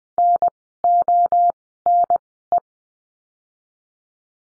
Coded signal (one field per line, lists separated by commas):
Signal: Morse code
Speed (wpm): 20 wpm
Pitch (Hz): 700 Hz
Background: none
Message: N O N E